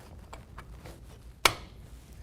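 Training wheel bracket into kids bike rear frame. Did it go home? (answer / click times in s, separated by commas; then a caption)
yes / 1.5 s. The second training wheel bracket is pushed onto the chain-guard side of the rear frame of a 14" Gloss Blue Huffy MotoX Quick Connect kids bike. A few faint taps sound near 0.3 s, 0.6 s and 0.9 s, then the detent pins snap with a sharp, loud click at 1.5 s. The bracket is seated and clicked into place.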